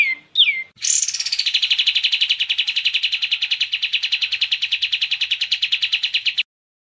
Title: Masteran Kapas Tembak